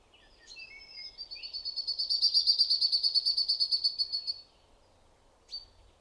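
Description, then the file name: Common chaffinch giving a rapid run of many high, even chirps over about three seconds, swelling then fading, with a short high note after a pause. "Fringilla coelebs"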